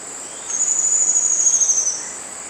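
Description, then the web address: Brown-backed Antwren song: one very high, thin trill lasting about one and a half seconds, drifting slightly downward, over a steady high hiss. Eastern lowlands of South America. "Natures Songs S America Eastern Lowlands. Brown-backed Antwen"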